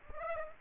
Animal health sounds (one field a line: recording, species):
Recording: mosquito wingbeat signal from an infrared sensor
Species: Aedes aegypti